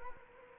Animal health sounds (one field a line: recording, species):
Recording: mosquito wingbeat signal from an infrared sensor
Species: Culex quinquefasciatus